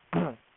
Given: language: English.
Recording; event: throat vibration sensor signal played as sound; throat clearing